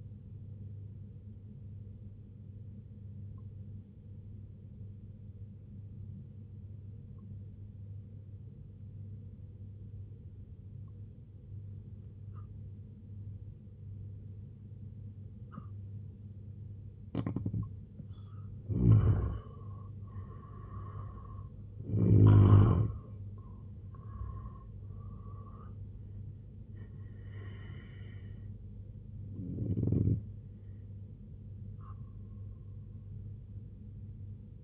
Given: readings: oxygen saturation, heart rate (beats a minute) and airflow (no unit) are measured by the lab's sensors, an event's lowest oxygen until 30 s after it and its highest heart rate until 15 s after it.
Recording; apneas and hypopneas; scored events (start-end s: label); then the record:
breathing in sleep by a smartphone at the bedside; 1
3.00-19.20 s: obstructive apnea (N2, oxygen 90% highest, then 81% lowest, heart rate 64 at the start, 90 highest)
29.00-34.64 s: new sleep stage, N1 (lightest sleep)
From the record:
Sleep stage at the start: N2 (light sleep); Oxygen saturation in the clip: 83 to 90%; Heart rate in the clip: 64 to 90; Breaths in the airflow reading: 3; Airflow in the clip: -8.4 to 6.9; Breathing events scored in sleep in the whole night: 258 in 7.4 hours asleep